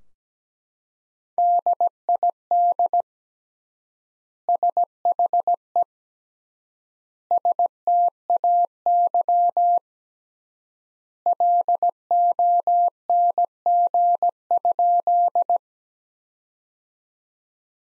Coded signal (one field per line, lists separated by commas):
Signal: Morse code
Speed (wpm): 17 wpm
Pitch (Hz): 700 Hz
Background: none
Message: DID SHE STAY LONG?